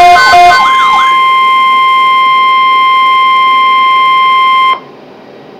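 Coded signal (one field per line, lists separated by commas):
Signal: Emergency Alert System (SAME) tones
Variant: 1050 Hz attention tone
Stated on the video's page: Severe Thunderstorm Watch alert tones set off on radios, with poor audio.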